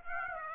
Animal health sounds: mosquito wingbeat signal from an infrared sensor; Aedes aegypti

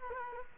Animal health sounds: mosquito wingbeat signal from an infrared sensor; Culex quinquefasciatus

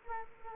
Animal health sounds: mosquito wingbeat signal from an infrared sensor; Aedes aegypti

